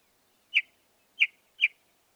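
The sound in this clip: Northern mockingbird song: three short harsh chips, the last two close together.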